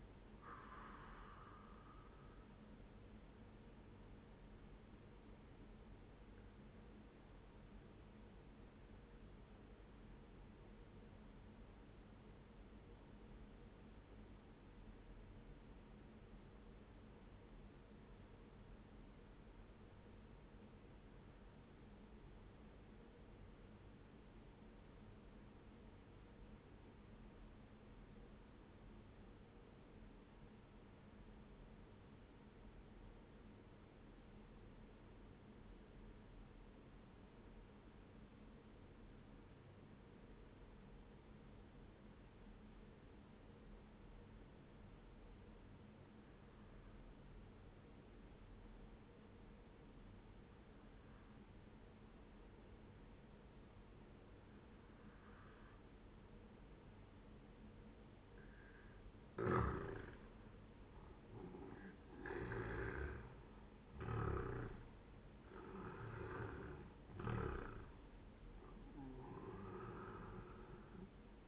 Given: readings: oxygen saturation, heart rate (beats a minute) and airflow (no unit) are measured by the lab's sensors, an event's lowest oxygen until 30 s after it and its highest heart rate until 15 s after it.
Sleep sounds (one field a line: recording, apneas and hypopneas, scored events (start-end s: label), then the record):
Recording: breathing in sleep by a voice recorder at the bedside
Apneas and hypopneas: 1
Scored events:
2.00-71.48 s: new sleep stage, N1 (lightest sleep)
9.00-60.00 s: obstructive apnea (N1, oxygen 97% highest, then 89% lowest, heart rate 63 at the start, 79 highest)
From the record:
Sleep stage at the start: N2 (light sleep)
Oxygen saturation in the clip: 88 to 97%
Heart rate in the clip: 60 to 79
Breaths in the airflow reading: 4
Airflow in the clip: -11.1 to 11.9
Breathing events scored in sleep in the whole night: 131 in 7.2 hours asleep